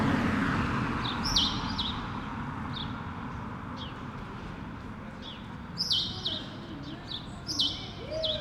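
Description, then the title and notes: Sparrow chirps come sparsely, a few single notes then short doubled bursts later, over a constant low rumble of street noise. Several sparrows on Rue Keyenveld, Ixelles, Brussels-Capital, Belgium, a street with passing cars; recorded with Lom Usi Pro microphones into a Zoom F6. "Rue Keyenveld, Ixelles, Bruxelles-Capitale, Belgique - Sparrows - moineaux. cars, people passing by"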